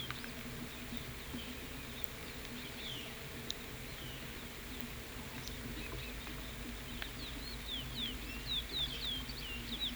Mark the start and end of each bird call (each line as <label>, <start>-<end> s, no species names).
bird call, 6.96-9.95 s